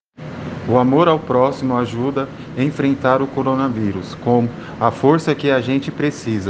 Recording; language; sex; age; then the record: spoken sentence; Brazilian Portuguese; male; 30 to 39 years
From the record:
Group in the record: respiratory insufficiency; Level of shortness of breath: 5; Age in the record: 32 years